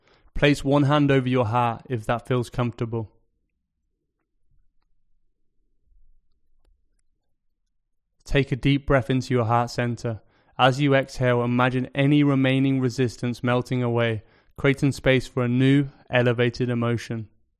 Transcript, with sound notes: Place one hand over your heart if that feels comfortable. [Pause 5 seconds] Take a deep breath into your heart center. As you exhale, imagine any remaining resistance melting away, creating space for a new, elevated emotion.